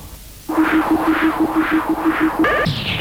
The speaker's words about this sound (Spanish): Conexión, problemas de interferencia. Proyecto Beta 3, problemas de interferencia.